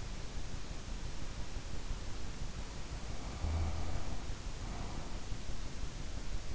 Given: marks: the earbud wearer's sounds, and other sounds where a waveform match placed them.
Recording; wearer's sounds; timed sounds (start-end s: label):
sounds in sleep by an in-ear microphone; breath
2.96-5.21 s: breath